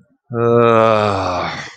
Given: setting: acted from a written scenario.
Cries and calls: vocal sound without words; disappointment

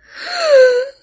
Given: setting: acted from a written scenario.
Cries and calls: vocal sound without words; sadness

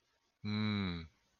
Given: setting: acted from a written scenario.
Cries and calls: vocal sound without words; adoration

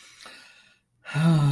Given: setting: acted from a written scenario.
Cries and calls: vocal sound without words; serenity

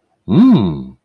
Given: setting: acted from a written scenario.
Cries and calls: vocal sound without words; desire

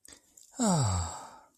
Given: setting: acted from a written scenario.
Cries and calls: vocal sound without words; contentment

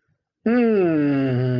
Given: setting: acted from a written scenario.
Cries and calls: vocal sound without words; sympathy

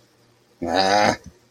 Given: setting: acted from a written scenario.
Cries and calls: vocal sound without words; disappointment

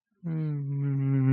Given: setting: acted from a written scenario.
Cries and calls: vocal sound without words; serenity

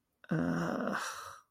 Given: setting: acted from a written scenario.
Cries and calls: vocal sound without words; guilt

